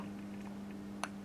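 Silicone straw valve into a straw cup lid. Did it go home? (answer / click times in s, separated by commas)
yes / 1.0 s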